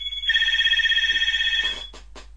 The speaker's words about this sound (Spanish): Bueno, acaba de sonar el teléfono.